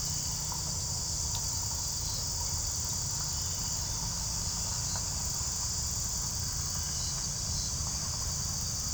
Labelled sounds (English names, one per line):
none